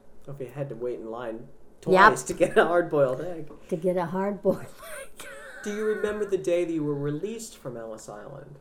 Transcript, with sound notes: You had to wait in line twice to get a hard boiled egg.
To get a hardboiled egg. ( she laughs )
Do you remember the day you were released from Ellis Island?